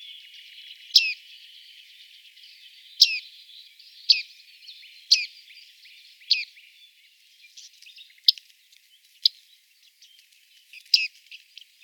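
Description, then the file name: Bearded reedling calls: several sharp, high pinging notes at irregular intervals over faint high background noise. "Bartmeise"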